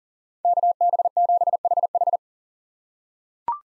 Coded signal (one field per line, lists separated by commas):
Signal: Morse code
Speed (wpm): 39 wpm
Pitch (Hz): 700 Hz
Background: none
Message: KB7HH